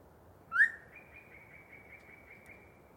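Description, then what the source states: Yellow-breasted chat with one loud rising whistle, followed by a string of faint, evenly spaced soft notes at a steady pitch. Long pre-dawn song bout by one very vocal bird in deciduous cover.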